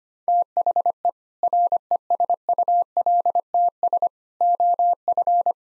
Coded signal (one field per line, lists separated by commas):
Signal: Morse code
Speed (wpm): 25 wpm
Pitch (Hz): 700 Hz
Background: none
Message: THE RESULTS OF